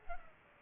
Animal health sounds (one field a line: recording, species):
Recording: mosquito wingbeat signal from an infrared sensor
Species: Culex pipiens